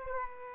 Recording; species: mosquito wingbeat signal from an infrared sensor; Aedes aegypti